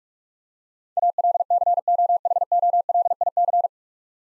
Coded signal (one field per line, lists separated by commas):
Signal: Morse code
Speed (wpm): 46 wpm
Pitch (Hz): 700 Hz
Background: none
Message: ALCOHOLIC